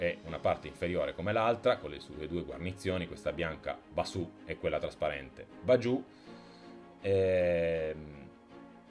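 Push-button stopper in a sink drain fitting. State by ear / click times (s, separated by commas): not seated / none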